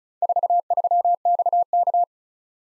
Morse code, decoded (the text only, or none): 43XK